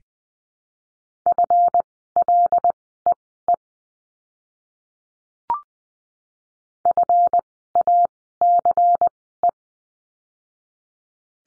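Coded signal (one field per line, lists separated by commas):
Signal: Morse code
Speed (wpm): 20 wpm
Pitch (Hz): 700 Hz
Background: none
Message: FLEE FACE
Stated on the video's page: Morse code course lesson on letter F words, at Farnsworth speed of 20/10 wpm.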